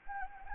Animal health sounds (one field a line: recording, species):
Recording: mosquito wingbeat signal from an infrared sensor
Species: Anopheles gambiae